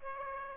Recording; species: mosquito wingbeat signal from an infrared sensor; Aedes aegypti